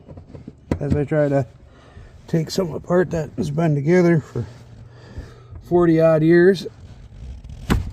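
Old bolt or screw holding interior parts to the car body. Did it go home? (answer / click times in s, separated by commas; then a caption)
no / 7.7 s. Someone talks while loosening a roughly 40-year-old bolt or screw that holds interior parts to the body of a Malibu. A sharp snap comes at 7.7 s as the fastener strips out.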